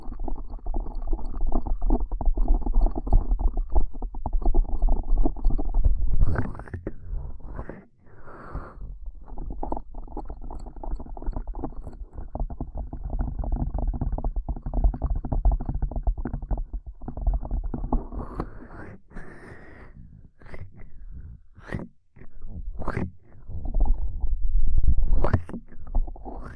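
Ear cupping triggers: a thick, muffled rumble fills the first six seconds, then breaks into uneven stretches with short silent gaps. From about twenty seconds, brief sharp rustles and clicks cut through between quieter pauses.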